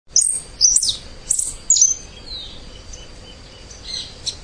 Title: LuckyPassaro Completos2Sama. Scimitar-billed Woodcreeper (Drymornis bridgesii)